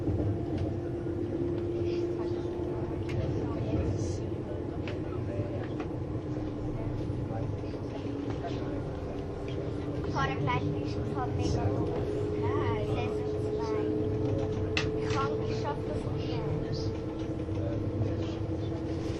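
A Swiss ICN tilting train runs along the Gotthard line, its steady low rumble and a faint whine holding throughout with no breaks. Voices murmur on top of the train noise, with brief clicks and chatter rising around the middle and later.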